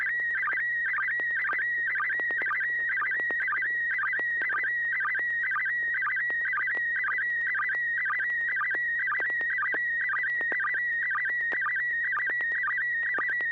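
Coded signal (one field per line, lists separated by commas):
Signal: SSTV (slow-scan television)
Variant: PD120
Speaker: All right, this will be PD 120.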